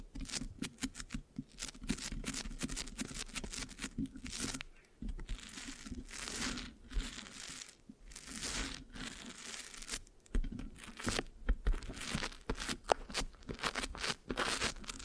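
Scratching and sticky tapping on a microphone, with dense bursts of crackly, crinkling texture and short sharp clicks throughout. The sound surges and drops in uneven waves, with brief near-silent gaps around five, eight and ten seconds, and a low steady murmur underneath.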